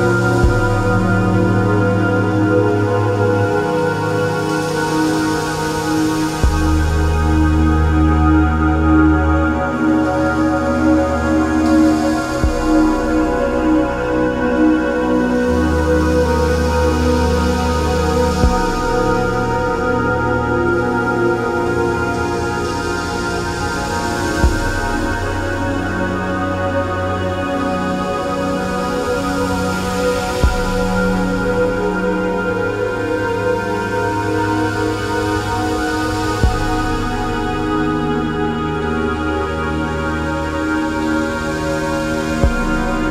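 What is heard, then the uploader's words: An autumnal soundscape built from a steady, sustained drone of layered tones. Deep bass notes shift in blocks every few seconds beneath it, while soft airy washes swell and fade roughly every six seconds. The overall loudness stays even throughout. Autumnal soundscapes.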